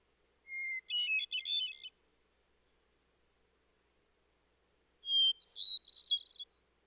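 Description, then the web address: Hermit thrush singing two phrases, each a pure held whistle followed by a rapid ethereal cascade of higher flutelike notes, separated by silence. Eastern North America. "Dan Gibson Wildlife Identification By Sound, Eastern North America Pt 1. Hermit Thrush"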